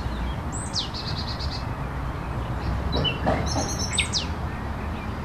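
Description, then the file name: Nightingale singing brief phrases of high, down-slurred whistles and short notes, separated by a pause, with low rumbling noise underneath. La Vavrette, 14 May 2016; recorded on an MZ-N 710 recorder. "Rossignol la Vavrette 14 05 16"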